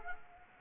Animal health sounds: mosquito wingbeat signal from an infrared sensor; Anopheles arabiensis

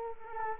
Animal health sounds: mosquito wingbeat signal from an infrared sensor; Culex quinquefasciatus

